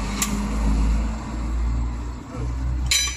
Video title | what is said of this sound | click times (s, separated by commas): Multecab clutch problem | yun, nakalock na siya. | 2.9 s